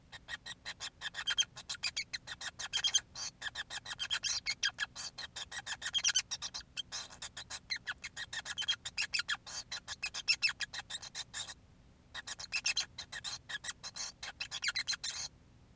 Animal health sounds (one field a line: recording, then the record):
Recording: song of a male Bengalese finch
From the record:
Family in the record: son of father 5